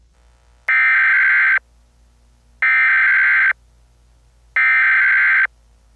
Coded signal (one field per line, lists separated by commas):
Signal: Emergency Alert System (SAME) tones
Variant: header bursts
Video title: EAS Scenario #56: The Awakening